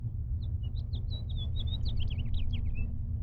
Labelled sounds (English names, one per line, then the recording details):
House Finch song
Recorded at Lawrence on Long Island, New York, on 4 June 1975
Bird F